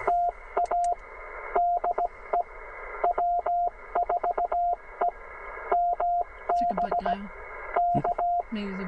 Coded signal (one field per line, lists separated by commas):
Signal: Morse code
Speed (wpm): 17 wpm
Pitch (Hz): 700 Hz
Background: radio noise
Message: TA DE W4EMB K